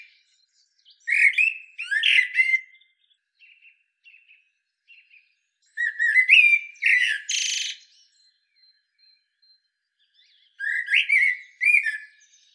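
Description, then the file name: Common blackbird delivering three bursts of warbled, fluty whistles with squeaky high flourishes, separated by long gaps and a few soft quiet notes. "Turdus merula"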